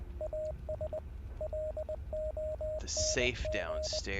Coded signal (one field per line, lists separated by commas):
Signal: Morse code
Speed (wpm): 19 wpm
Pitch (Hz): 620 Hz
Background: speech, radio noise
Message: AS LONG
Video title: Hell Is Us | Key Provided By Rogue Factor | September 3 2025 - Livestream #5